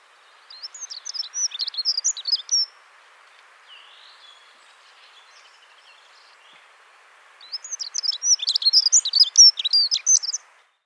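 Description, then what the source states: Bird singing two bursts of high, quick twittering and warbling notes, separated by a pause of several seconds with soft background hiss. Forest.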